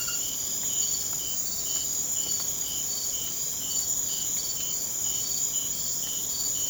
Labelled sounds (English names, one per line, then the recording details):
none
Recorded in secondary vegetation near Puerto Asís, Putumayo, Colombia, on 30 June 2025 at 00:00
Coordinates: 0.500, -76.326
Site GP08